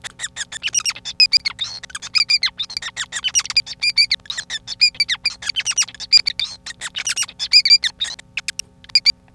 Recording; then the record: song of a male Bengalese finch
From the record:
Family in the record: son of father 5